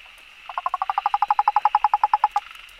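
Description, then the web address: Frog call: a rapid pulsed series of about twenty even notes, steady in pitch, lasting about two seconds. Recorded 15 June 2013. "frog rec 20130615"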